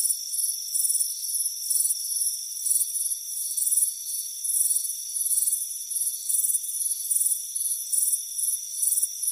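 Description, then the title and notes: Cricket chirping in rapid, shrill pulses, several per second at times, over a steady chorus of high insect tones. Crickets chirping on a warm afternoon on a front porch. "Soothing Crickets Chirping Sound. It's a warm afternoon as you relax in a hammock on the front porch. Deep Sleep Sounds"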